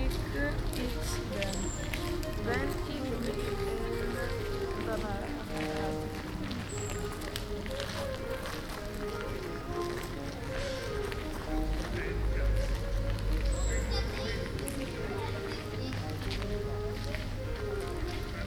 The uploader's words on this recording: Recorded while walking through Den Haag Sculptuur (The Hague Sculpture), An annual open air art exhibition.